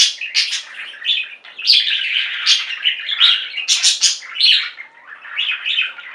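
Budgerigar warbling chatter, continuous scratchy chirps and bright squeaks rising and falling in quick bursts throughout.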